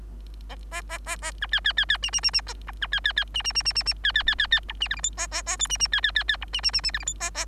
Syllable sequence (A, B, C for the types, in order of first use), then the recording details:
A A A A B C C C C D D D D B C C C D D D D D D C C C C C E D F G H A A A I D D C C C C E D D D D F G H A A. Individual Bird3